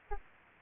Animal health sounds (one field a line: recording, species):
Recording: mosquito wingbeat signal from an infrared sensor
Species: Aedes albopictus